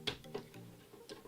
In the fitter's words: build plate now this is actually held on by magnets which is kind of interesting so we can just pop it off and it's